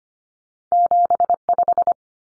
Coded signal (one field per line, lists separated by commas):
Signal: Morse code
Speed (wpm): 25 wpm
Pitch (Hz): 700 Hz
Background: none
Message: 75